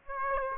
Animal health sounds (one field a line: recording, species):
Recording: mosquito wingbeat signal from an infrared sensor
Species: Aedes aegypti